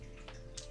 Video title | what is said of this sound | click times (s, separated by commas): Garage Kit Tutorial and Building – Mejiro no Mero-chan 28 (Gluing and Assembly) | her face yay so cute love it and it should just snap right in the back | 0.6 s